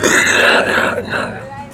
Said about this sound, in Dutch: Ja, we hebben geen kuchknop, helaas.